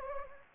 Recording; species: mosquito wingbeat signal from an infrared sensor; Anopheles gambiae